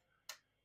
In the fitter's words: it just snaps right in like that.